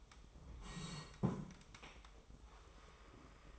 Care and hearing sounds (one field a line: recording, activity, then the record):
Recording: daily activity, microphone in the room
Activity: sit down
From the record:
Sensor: 1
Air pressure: 1005.2 hPa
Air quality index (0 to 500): 123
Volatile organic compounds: 5 ppm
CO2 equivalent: 1727 ppm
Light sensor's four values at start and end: 11/27/11/11 and 11/27/11/12